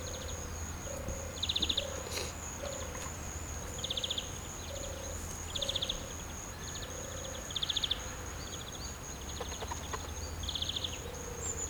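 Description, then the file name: European greenfinch call: short rattling bursts of quick ticks, repeated every two or three seconds, with soft low hoots in between and a steady high whine throughout. "Chloris chloris"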